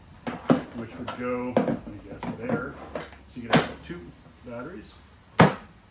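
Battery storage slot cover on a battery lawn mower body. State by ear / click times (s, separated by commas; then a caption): seated / 5.4 s. On a Ryobi 40-volt 20-inch brushless battery lawn mower, the plastic cover over the spare-battery storage slot is closed while someone talks. There are a few soft knocks early on, and at 5.4 s the cover clicks shut with a sharp snap, seating firmly.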